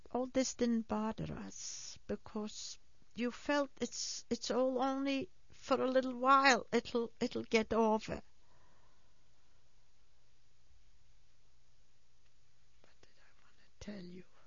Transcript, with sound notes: All this didn't bother us because you felt it's only for a little while, it will get over. ( she whispers ) But then I want to tell you.